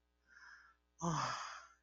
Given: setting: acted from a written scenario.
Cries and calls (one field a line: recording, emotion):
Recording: vocal sound without words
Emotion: desire